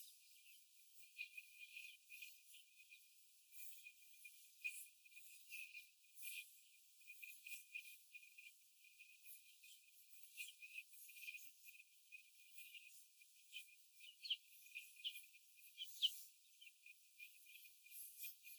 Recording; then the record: young laying hens in a cage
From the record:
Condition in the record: after the stressor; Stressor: simulated dog barking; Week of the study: 4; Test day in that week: 1